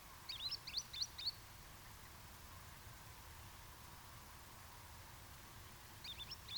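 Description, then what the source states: Green sandpiper calls: a rapid series of about five high whistles, a long silence, then a few more at the end, over steady low background noise. Arne Moors.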